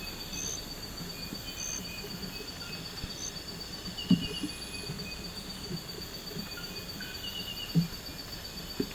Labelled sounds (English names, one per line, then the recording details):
none
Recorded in pastures near Puerto Asís, Putumayo, Colombia, on 12 March 2025 at 03:30
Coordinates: 0.472, -76.329
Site G074